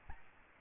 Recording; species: mosquito wingbeat signal from an infrared sensor; Aedes albopictus